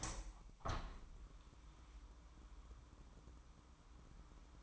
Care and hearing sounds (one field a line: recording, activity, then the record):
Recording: daily activity, microphone in the room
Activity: open window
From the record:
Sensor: 1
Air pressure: 998.1 hPa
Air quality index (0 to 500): 138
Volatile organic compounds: 4 ppm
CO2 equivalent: 1656 ppm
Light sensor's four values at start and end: 16/54/22/22 and 16/54/22/22